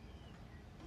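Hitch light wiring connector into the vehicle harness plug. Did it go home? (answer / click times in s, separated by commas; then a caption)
no / none. A Diode Dynamics C1R hitch light's sealed wiring connector is handled and pushed toward its mating plug on the truck harness of a 5th Gen Toyota 4Runner. Only a steady broadband noise with a low rumble is heard, with no sharp hits. Nothing has seated or clicked yet.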